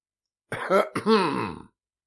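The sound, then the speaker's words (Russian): A man, the character Sayan, clears his throat in two short, rough voiced bursts, the second longer and sliding in pitch, fairly loud and alone with no talking. “Саян прочистил горло.”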